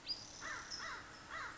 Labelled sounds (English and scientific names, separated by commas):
American Crow (Corvus brachyrhynchos)